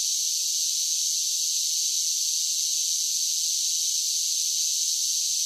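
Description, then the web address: Steady cicada song, a dense high buzz that does not rise, fall or pause. "Blast Wave Update 1 Cicadas Sing"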